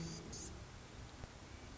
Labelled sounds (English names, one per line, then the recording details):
Blue-gray Gnatcatcher
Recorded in Sonoma County, California